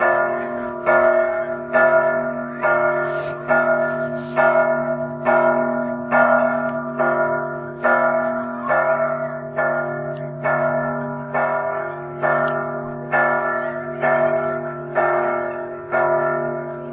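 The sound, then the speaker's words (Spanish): A church bell tolls steadily, striking roughly once a second with a rich, ringing tone whose hum lingers between strokes. The bell rings loud and alone, with no voices. “¿Ya podemos seguir, campana?”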